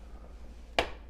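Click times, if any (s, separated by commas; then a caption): 0.8 s. The inner burr of a Breville Barista Pro/Express espresso machine grinder is turned clockwise into its burr carrier, with a low steady hum underneath. A single sharp click at 0.8 s marks the burr locking in, and it is seated.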